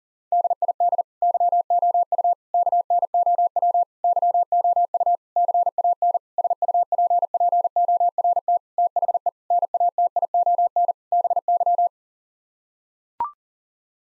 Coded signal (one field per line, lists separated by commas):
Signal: Morse code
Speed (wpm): 40 wpm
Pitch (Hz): 700 Hz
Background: none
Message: DID YOU KNOW YOU CAN SUPPORT THE NATION BY